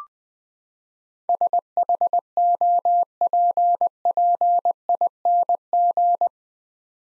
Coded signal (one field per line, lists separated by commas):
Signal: Morse code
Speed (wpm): 21 wpm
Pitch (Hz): 700 Hz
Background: none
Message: SHOPPING